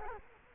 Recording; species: mosquito wingbeat signal from an infrared sensor; Culex quinquefasciatus